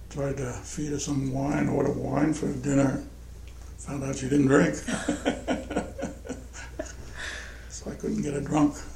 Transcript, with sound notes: tried to feed her some wine, order some wine for dinner. Found out she didn't drink. [laughter] So I couldn't get her drunk.